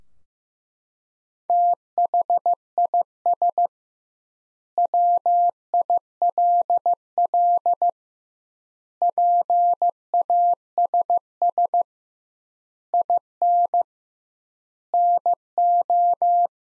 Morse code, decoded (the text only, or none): THIS WILL PASS IN NO